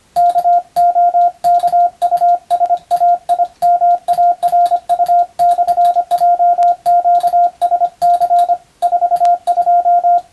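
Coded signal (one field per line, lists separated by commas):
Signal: Morse code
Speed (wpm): 25 wpm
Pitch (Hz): 700 Hz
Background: radio noise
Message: KOKUSAIMARU/JQSC 42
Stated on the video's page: Morse receiving practice in the style of the national radio operator exam, recorded by a first-class radiotelegraph operator.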